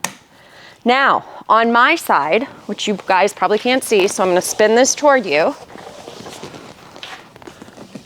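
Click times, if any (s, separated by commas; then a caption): 0.1 s. A Nuna REVV Maxx car seat's second lower anchor connector clicks sharply onto the vehicle's lower anchor bar at 0.1 s, seating it. Then someone talks, and a few faint handling knocks follow near the end.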